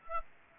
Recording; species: mosquito wingbeat signal from an infrared sensor; Aedes aegypti